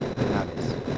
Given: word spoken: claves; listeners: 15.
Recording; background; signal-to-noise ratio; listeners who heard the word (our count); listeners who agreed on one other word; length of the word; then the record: one Spanish word in noise, from a listening test; noise modulated by three-talker babble; -5.9 dB; 1 of 15; 6 of 15; 0.58 s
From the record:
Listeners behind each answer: 6, 5, 1, 1, 1, 1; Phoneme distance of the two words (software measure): 17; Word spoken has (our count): 2 syllables, 6 phonemes, stress on syllable 1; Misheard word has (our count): 2 syllables, 5 phonemes, stress on syllable 1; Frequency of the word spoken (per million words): 19.82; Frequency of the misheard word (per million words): 11.95